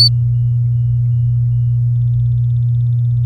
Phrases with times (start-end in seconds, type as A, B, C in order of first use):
0.01-0.08 A